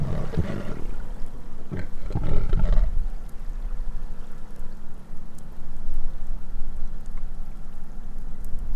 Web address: Minke Vocalisations. wilderness songs